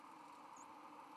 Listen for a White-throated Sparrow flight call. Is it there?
no